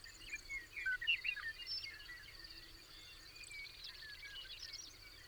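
Birds singing with a flurry of chirps and whistles early on, then quieter twittering, over a continuous high drone and soft low noise.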